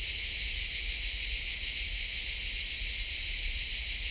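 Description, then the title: Cricket: high, rasping insect buzz pulsing rhythmically and holding steady. Collserola natural park during a heat wave; recordist walking toward a pine wood, passing different cricket types singing differently; recorder with hypercardioid microphone. "Grills Diferents Collserola"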